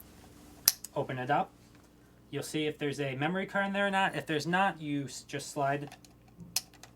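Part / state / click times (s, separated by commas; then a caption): memory card into the camera's card slot / seated / 6.6 s. A memory card is slid into the card slot behind the side door of a Panasonic AG-HMC40P video camera while someone talks. A few small handling ticks lead up to one strong, sharp click at 6.6 s as the card seats in the slot.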